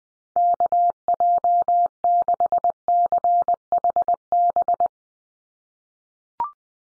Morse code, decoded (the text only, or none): KJ6CHB